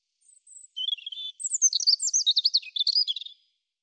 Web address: cianscape birddata Deverinetal 2025 File cleaned normalized Bird Er Ru